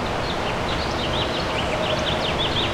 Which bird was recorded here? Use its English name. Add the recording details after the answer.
House Finch. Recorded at Great River on Long Island, New York, on 19 June 2013. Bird A